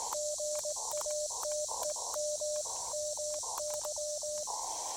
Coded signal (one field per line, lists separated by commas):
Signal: Morse code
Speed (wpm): 19 wpm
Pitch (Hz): 590 Hz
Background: radio noise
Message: GA TEM MY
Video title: Activation de POTA en français! (Yes, a POTA activation in French. I'll explain...)